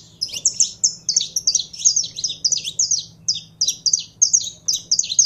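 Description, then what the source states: Belgian canary song of shrill, quick chirps and brief whistled notes, delivered in rhythmic bursts over a faint hum. Song of a purebred Belgian canary.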